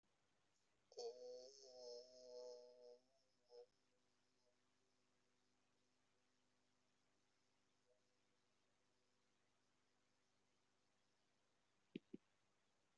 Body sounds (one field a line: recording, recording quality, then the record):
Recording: sustained vowel as in made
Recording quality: excellent, no background noise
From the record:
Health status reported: exposed to COVID-19, no respiratory illness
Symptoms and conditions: cough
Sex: male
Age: 38 years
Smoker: yes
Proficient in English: yes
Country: India